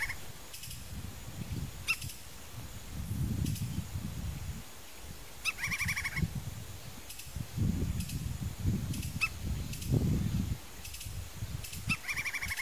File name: Canto do pica pau de penacho vermelho